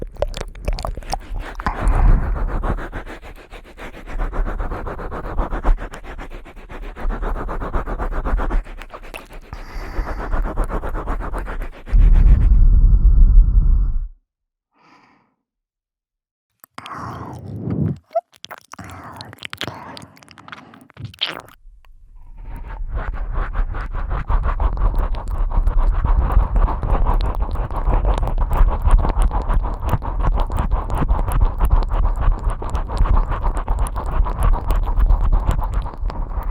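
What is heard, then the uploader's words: Wet mouth and chewing sounds crackle densely, with a loud muffled rush building near twelve seconds. A brief silence follows, then scattered clicks, and from about twenty-two seconds a steady, busy stream of soft smacking and rustling continues. ASMR Ear Eating You.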